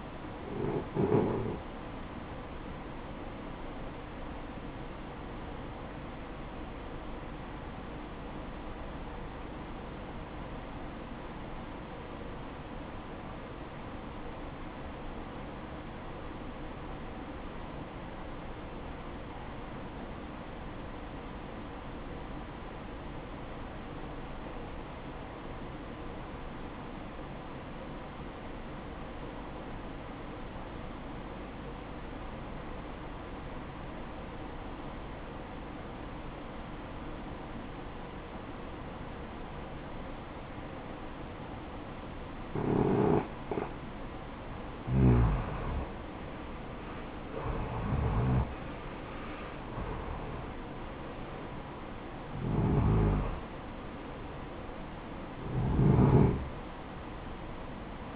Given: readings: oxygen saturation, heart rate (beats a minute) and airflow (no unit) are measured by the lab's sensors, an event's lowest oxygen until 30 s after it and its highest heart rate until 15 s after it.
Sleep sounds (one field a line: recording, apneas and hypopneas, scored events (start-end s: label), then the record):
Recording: breathing in sleep by a voice recorder at the bedside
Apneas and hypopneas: 1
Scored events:
6.00-44.80 s: obstructive apnea (REM, oxygen 96% highest, then 79% lowest, heart rate 62 at the start, 76 highest)
From the record:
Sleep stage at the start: REM sleep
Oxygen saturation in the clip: 80 to 96%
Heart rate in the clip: 48 to 76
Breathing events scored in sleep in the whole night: 573 in 9.8 hours asleep